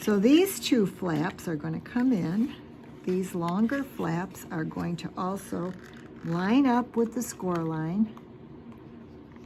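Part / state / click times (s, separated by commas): cardstock box flap into the box's locking slot / seated / 9.3 s, 9.4 s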